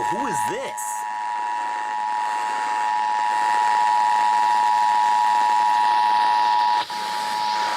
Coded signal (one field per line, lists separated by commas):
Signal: Emergency Alert System (SAME) tones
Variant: 853 and 960 Hz attention tone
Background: speech